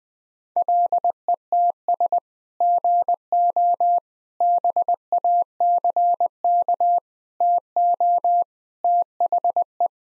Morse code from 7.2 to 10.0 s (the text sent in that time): TO THE